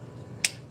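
A click-type torque wrench tightens an intake manifold bolt on a BMW engine after the initial torque pass. Over a low, steady background hum, a single sharp, bright click rings out at 0.4 s as the wrench breaks over, confirming the bolt has reached its torque setting.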